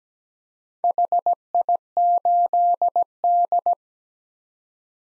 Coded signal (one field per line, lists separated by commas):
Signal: Morse code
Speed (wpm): 17 wpm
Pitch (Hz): 700 Hz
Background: none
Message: HI8D